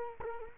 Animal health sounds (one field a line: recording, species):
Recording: mosquito wingbeat signal from an infrared sensor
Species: Culex quinquefasciatus